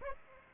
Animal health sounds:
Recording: mosquito wingbeat signal from an infrared sensor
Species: Aedes aegypti

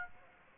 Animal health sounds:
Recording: mosquito wingbeat signal from an infrared sensor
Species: Aedes aegypti

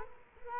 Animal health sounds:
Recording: mosquito wingbeat signal from an infrared sensor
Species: Culex quinquefasciatus

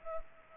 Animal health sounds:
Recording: mosquito wingbeat signal from an infrared sensor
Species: Culex pipiens

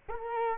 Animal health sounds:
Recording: mosquito wingbeat signal from an infrared sensor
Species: Culex quinquefasciatus

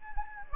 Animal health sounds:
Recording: mosquito wingbeat signal from an infrared sensor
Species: Anopheles gambiae

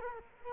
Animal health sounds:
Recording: mosquito wingbeat signal from an infrared sensor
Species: Culex quinquefasciatus

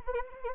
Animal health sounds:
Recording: mosquito wingbeat signal from an infrared sensor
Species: Anopheles arabiensis

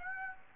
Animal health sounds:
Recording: mosquito wingbeat signal from an infrared sensor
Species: Aedes aegypti

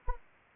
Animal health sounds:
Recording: mosquito wingbeat signal from an infrared sensor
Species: Anopheles arabiensis

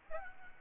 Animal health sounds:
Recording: mosquito wingbeat signal from an infrared sensor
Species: Aedes albopictus

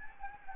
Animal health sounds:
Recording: mosquito wingbeat signal from an infrared sensor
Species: Anopheles gambiae

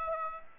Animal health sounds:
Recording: mosquito wingbeat signal from an infrared sensor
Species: Aedes aegypti

